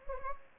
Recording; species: mosquito wingbeat signal from an infrared sensor; Anopheles gambiae